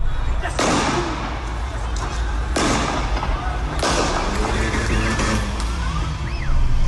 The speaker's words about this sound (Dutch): Op sociale media gaan beelden rond van bewoners die vanuit hun flat filmen hoe drugsbendes beneden op straat het vuur op elkaar openen. En dat klinkt zo.